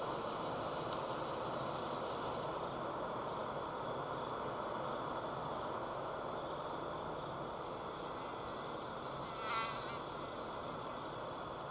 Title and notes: Be still and listen to the crickets at sunset in the incredible Timanfaya pyroclastic desert on the island of Lanzarote.